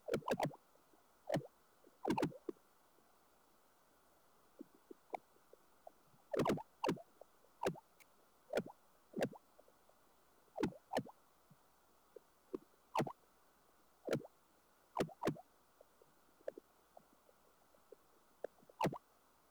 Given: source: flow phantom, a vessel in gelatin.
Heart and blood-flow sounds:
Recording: Doppler ultrasound of air bubbles in flowing water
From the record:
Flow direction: towards the transducer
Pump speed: 150 rpm (540 mL/min)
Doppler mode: pulsed wave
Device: 7 MHz transducer

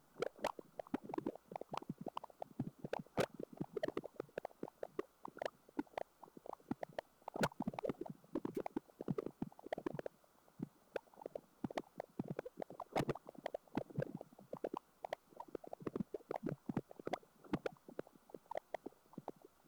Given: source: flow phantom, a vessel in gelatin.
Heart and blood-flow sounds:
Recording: Doppler ultrasound of air bubbles in flowing water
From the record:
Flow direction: away from the transducer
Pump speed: 200 rpm (720 mL/min)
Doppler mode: pulsed wave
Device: 7 MHz transducer

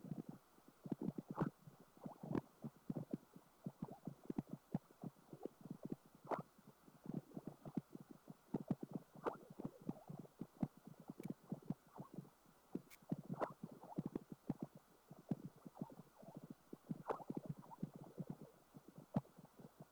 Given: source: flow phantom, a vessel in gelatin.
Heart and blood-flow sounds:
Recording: Doppler ultrasound of air bubbles in flowing water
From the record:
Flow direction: perpendicular to the transducer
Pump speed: 200 rpm (720 mL/min)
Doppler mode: pulsed wave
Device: 7 MHz transducer

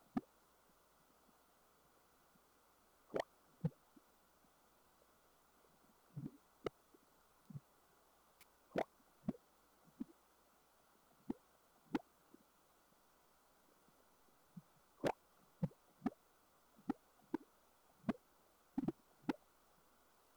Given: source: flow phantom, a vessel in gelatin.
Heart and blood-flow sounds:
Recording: Doppler ultrasound of air bubbles in flowing water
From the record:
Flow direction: away from the transducer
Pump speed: 150 rpm (540 mL/min)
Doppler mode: pulsed wave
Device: 7 MHz transducer

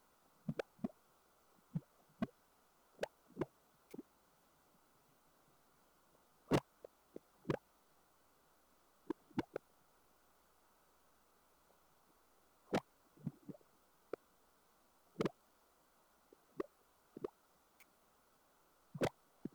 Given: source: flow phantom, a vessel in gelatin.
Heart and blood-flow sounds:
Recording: Doppler ultrasound of air bubbles in flowing water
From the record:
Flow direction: away from the transducer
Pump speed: 150 rpm (540 mL/min)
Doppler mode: pulsed wave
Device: 7 MHz transducer

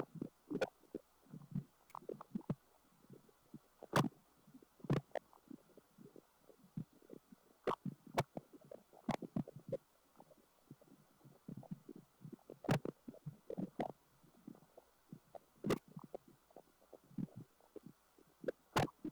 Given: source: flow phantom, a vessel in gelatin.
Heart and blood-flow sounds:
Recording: Doppler ultrasound of air bubbles in flowing water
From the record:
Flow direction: away from the transducer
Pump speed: changing at random every second, 150 to 250 rpm (540 to 900 mL/min)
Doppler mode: pulsed wave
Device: 7 MHz transducer

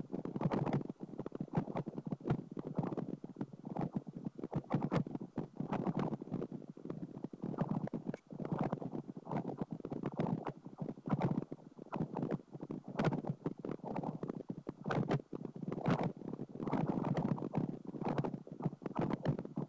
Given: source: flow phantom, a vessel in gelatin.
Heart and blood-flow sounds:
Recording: Doppler ultrasound of air bubbles in flowing water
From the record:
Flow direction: perpendicular to the transducer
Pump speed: 250 rpm (900 mL/min)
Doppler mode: pulsed wave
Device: 7 MHz transducer

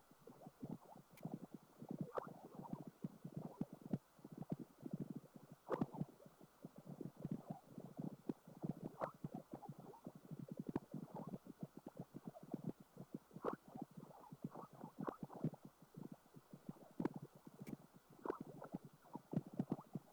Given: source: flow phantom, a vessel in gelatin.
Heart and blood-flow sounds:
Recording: Doppler ultrasound of air bubbles in flowing water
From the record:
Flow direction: perpendicular to the transducer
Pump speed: 200 rpm (720 mL/min)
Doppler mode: pulsed wave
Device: 7 MHz transducer

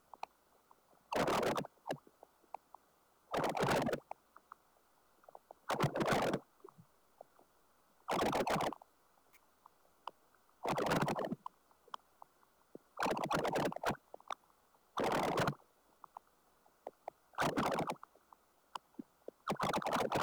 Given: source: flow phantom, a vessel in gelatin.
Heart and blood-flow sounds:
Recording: Doppler ultrasound of air bubbles in flowing water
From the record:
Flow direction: towards the transducer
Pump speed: 250 rpm (900 mL/min)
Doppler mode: pulsed wave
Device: 7 MHz transducer

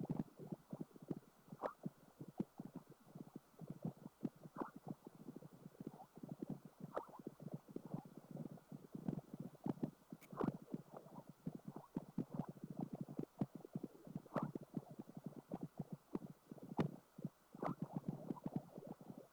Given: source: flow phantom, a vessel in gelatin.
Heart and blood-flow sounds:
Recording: Doppler ultrasound of air bubbles in flowing water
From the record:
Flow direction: perpendicular to the transducer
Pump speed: 200 rpm (720 mL/min)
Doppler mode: pulsed wave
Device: 7 MHz transducer

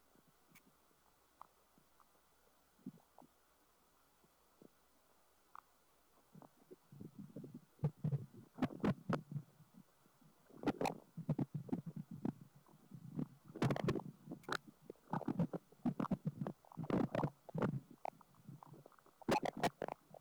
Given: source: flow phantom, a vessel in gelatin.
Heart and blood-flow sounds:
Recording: Doppler ultrasound of air bubbles in flowing water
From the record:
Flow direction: away from the transducer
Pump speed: 250 rpm (900 mL/min)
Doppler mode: pulsed wave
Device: 7 MHz transducer

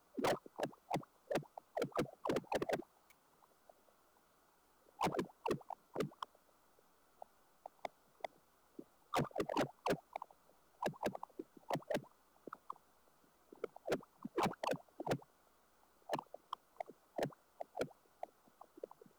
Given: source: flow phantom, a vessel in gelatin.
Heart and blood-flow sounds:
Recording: Doppler ultrasound of air bubbles in flowing water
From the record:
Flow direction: towards the transducer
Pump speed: 200 rpm (720 mL/min)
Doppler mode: pulsed wave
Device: 7 MHz transducer

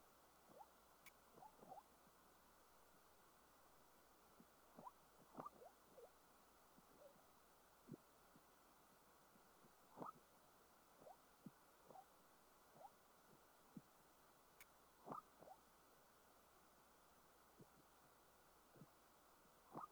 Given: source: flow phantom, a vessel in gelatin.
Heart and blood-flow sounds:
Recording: Doppler ultrasound of air bubbles in flowing water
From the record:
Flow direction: perpendicular to the transducer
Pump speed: 150 rpm (540 mL/min)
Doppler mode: pulsed wave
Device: 7 MHz transducer

